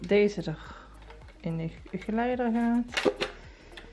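The cleaned, dried cyclone and dust bin unit of a Dyson V10 cordless stick vacuum is being handled and slid along its guide rail back onto the main body while someone talks. A faint, short sound comes near 3.8 seconds. The unit has not seated or clicked into place yet.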